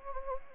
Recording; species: mosquito wingbeat signal from an infrared sensor; Anopheles gambiae